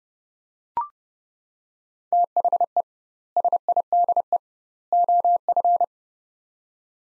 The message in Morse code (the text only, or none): THE SIDE OF